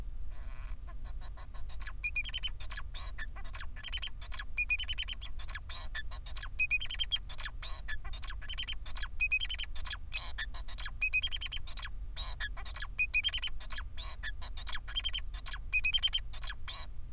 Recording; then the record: song of a male Bengalese finch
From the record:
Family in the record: son of father 4